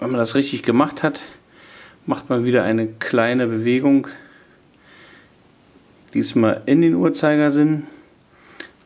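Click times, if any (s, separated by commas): 8.6 s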